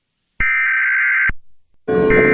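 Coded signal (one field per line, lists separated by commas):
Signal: Emergency Alert System (SAME) tones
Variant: header bursts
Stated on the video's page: Fictional EAS scenario about lightning.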